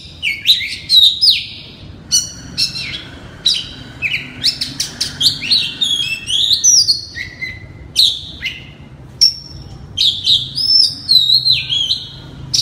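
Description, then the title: Oriental magpie-robin pouring out a varied song of slurred whistles, rattling chips and descending notes in short repeated bursts. "Kacer"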